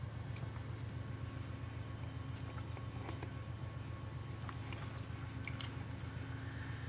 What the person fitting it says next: that is not fully seated